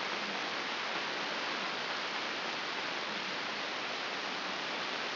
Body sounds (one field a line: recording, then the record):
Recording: brain microelectrode recording played as sound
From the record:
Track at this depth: outside the subthalamic nucleus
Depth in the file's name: 6.215 mm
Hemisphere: left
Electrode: 2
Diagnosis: Parkinson's disease